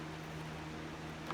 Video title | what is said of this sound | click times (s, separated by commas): Worx Hydroshot Review | and that locks it into place | 1.3 s